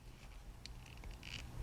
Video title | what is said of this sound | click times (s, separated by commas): PenBBS 355 Improved Version Draw Fill Fountain Pen review | hear that snap in place then | 0.7 s